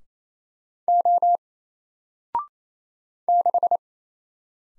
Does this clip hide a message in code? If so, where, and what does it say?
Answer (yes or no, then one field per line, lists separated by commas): yes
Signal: Morse code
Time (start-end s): 0.9-3.8 s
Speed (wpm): 27 wpm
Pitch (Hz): 700 Hz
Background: none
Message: O 6